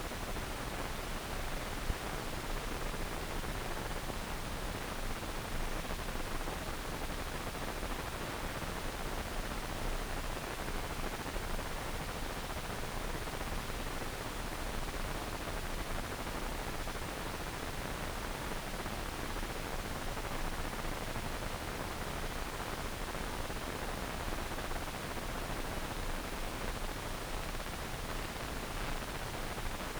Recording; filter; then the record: brain microelectrode recording played as sound; wide band, above 20 Hz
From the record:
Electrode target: subthalamic nucleus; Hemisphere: left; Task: reaching with the right hand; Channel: 1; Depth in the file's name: 1.267 mm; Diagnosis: Parkinson's disease